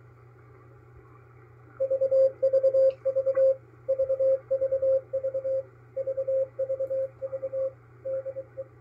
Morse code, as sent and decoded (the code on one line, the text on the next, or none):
...- ...- ...- / ...- ...- ...- / ...- ...- ...- / -.. .
VVV VVV VVV DE